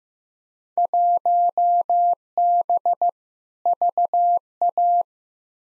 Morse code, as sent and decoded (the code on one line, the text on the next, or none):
.---- -... / ...- .-
1B VA